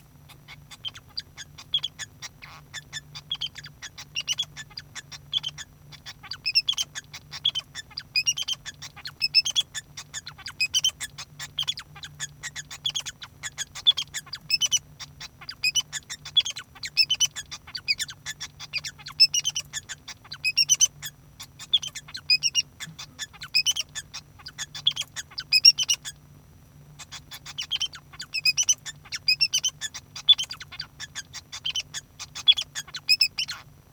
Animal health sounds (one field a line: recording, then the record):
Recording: song of a male Bengalese finch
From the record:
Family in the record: son of father 2